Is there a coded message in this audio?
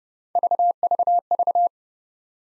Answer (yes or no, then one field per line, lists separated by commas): no